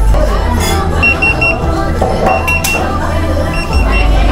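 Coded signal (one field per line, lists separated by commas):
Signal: none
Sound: background music beeps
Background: speech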